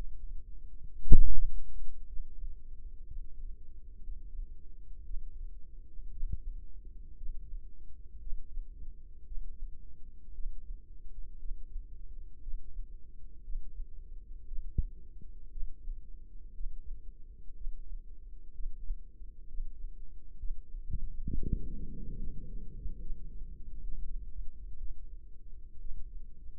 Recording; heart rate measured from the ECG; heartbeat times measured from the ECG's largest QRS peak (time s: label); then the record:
heart sounds by microphone in the left ear; 61 bpm
1.03 s: heartbeat
2.06 s: heartbeat
3.06 s: heartbeat
4.01 s: heartbeat
5.03 s: heartbeat
6.10 s: heartbeat
7.16 s: heartbeat
8.20 s: heartbeat
9.25 s: heartbeat
10.33 s: heartbeat
11.38 s: heartbeat
12.41 s: heartbeat
13.42 s: heartbeat
14.46 s: heartbeat
15.50 s: heartbeat
16.53 s: heartbeat
17.54 s: heartbeat
18.53 s: heartbeat
19.47 s: heartbeat
20.38 s: heartbeat
21.24 s: heartbeat
22.18 s: heartbeat
23.01 s: heartbeat
23.83 s: heartbeat
24.77 s: heartbeat
25.80 s: heartbeat
From the record:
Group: healthy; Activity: Valsalva maneuver 0-21 s, rest 21-27 s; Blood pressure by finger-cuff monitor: 87/53 mmHg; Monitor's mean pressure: 62 mmHg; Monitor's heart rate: 58 bpm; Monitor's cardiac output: 4.6 L/min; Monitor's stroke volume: 80 mL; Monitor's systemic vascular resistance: 960 dyn s/cm5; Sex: female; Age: 28 years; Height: 170 cm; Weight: 77 kg